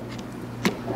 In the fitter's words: você vai escutar o clique ó apertou mas aqui ele não está travado como é que eu travo